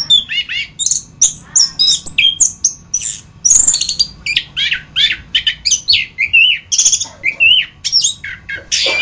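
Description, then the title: Thrush pouring out loud, fast phrases of sharp chirps, squeaky whistles and twisting slurs, almost without pause. "Suara Burung Anis"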